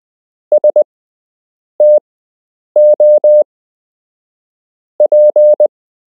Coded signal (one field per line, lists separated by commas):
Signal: Morse code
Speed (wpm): 20 wpm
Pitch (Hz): 600 Hz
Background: none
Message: STOP